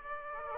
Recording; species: mosquito wingbeat signal from an infrared sensor; Aedes aegypti